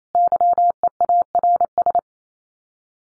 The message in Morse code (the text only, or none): YEARS